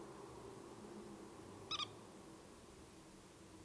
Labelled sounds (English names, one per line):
Common Moorhen